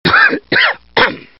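Three short coughs from an adult.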